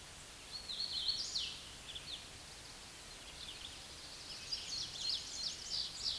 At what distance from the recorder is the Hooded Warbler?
about 20 m